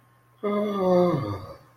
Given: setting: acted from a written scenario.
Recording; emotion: vocal sound without words; neutral